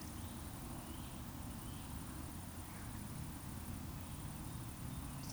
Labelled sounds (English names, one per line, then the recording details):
Eurasian Woodcock whistle
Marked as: whistle, whistle
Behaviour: display flight
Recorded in Baden-Württemberg, Germany, on 24 June 2020 at 19:41 UTC
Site 44173, 218 m above sea level